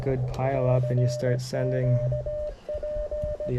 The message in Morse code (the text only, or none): CQP